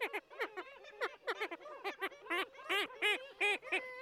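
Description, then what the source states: Kittiwakes give a moaning call: nasal, arching notes in an uneven series, with one call held as a longer steady tone near the end. Close-up recording; moaning call, accompanying the pair's greeting call and territorial squabbles, or part of the moan and bow display; part of pair courtship.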